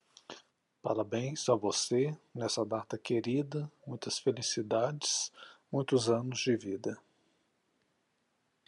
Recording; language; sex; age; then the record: short text; Brazilian Portuguese; male; 50 to 59 years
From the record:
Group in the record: control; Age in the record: 52 years